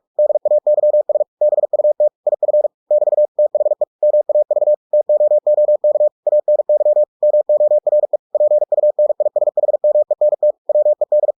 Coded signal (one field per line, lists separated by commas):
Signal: Morse code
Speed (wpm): 46 wpm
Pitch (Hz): 600 Hz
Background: none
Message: DAYS BUT IF <BT> THE MAV TOOK ANY MORE PUNISHMENT WED